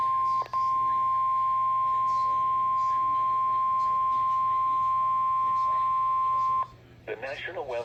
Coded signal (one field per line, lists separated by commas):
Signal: Emergency Alert System (SAME) tones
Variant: 1050 Hz attention tone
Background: speech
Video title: EAS Severe Thunderstorm Watch January 12, 2023